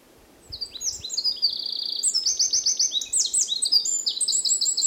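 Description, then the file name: Eurasian wren singing a fast, vigorous string of shrill trills and tinkling notes that shift pitch repeatedly, steady low background noise beneath. "Troglodytes troglodytes"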